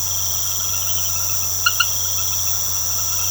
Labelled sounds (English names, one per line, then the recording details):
none
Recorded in secondary vegetation near Puerto Asís, Putumayo, Colombia, on 19 March 2025 at 20:00
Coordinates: 0.468, -76.324
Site G059